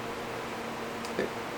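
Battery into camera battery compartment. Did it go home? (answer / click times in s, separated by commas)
no / none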